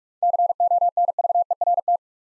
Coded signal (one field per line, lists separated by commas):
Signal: Morse code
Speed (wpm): 46 wpm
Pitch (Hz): 700 Hz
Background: none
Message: CONVERT